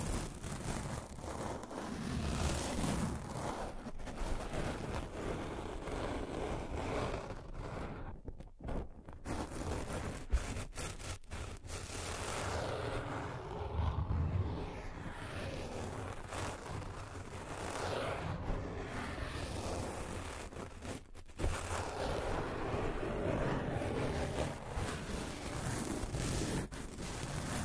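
Continuous scratching and tracing, a dense, rough, rustling scrape that carries on with little change in level across the whole clip. Brief breaks in the stroke fall near 8 to 10 seconds and again around 21 seconds, and a low rumble runs underneath throughout.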